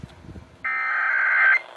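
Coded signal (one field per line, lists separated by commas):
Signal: Emergency Alert System (SAME) tones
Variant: header bursts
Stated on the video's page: Real EAS tests received in January 2020.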